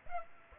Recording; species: mosquito wingbeat signal from an infrared sensor; Aedes aegypti